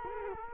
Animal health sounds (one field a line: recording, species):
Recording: mosquito wingbeat signal from an infrared sensor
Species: Culex quinquefasciatus